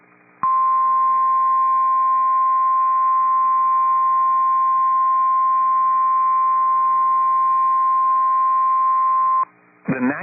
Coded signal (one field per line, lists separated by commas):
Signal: Emergency Alert System (SAME) tones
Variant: 1050 Hz attention tone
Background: speech